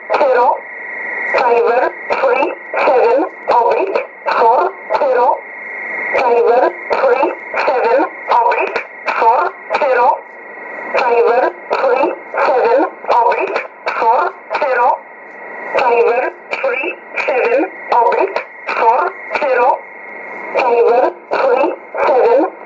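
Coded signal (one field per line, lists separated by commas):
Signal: numbers station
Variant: E11 Oblique, English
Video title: 28 02 2018 E11 Oblique Numbers station in English to Eu 0900 on 9446 unknown tx site in USB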